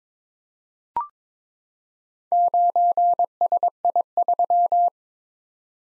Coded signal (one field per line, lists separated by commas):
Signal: Morse code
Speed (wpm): 22 wpm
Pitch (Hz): 700 Hz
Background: none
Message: 9SI3